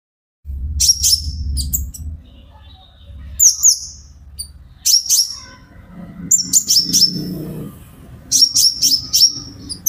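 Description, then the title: Van Hasselt's sunbird uttering short bursts of very high sharp chirps every couple of seconds over a continuous low hum. Konin ijoan (green) variety singing actively (gacor); recording used as a lure and therapy for caged birds, said to make untrained birds answer. "KOLIBRI NINJA KONIN IJOAN GACOR COCOK UNTUK PANCINGAN TERAPI KONIN BAHAN PASTI NYAUT"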